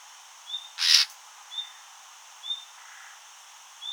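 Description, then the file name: Common nightingale calls: a thin, high whistle, then one loud, harsh rasp, then three more thin, high whistles spaced about a second apart, against faint steady hiss. "Luscinia megarhynchos"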